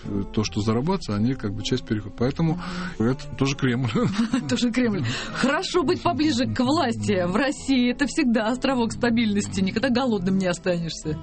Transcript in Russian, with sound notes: То, что зарабатывают, как бы часть переходит. Поэтому, это тоже Кремль. (смеется)
Хорошо быть поближе к власти. В России это всегда островок стабильности – никогда голодным не останешься.